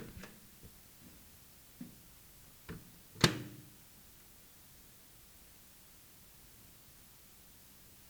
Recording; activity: daily activity, guitar pickup as the sensor; use microwave